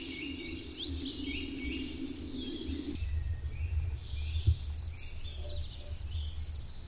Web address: agykontroll Madardalok Cd 1. Kormosfejű cinege